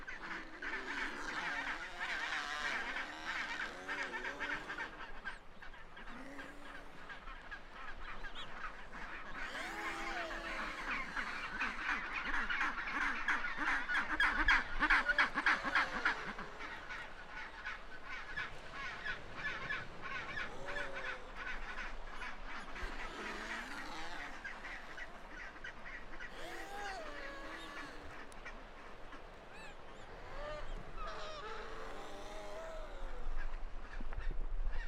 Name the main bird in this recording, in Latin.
Pygoscelis antarcticus